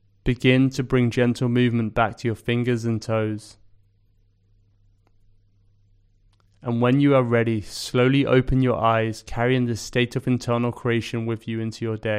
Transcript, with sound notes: Begin to bring gentle movement back to your fingers and toes... [Pause 5 seconds] And when you feel ready, slowly open your eyes, carrying this state of internal creation with you into your day.